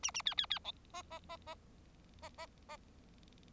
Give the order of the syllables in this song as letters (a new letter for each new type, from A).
A A B B B C D D D D